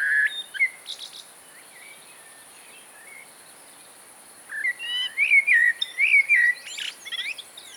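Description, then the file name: Common blackbird song: a low fluted note and short twitter, a silent stretch, then a flowing run of mellow whistles finishing with shrill squeaky notes. "Mirlo comun"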